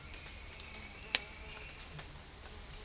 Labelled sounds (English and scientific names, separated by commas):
none